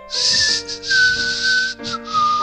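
A man whistles a slow, wavering tune, holding long notes that slide gently up and down in pitch, with a few short breaks between phrases and no talking.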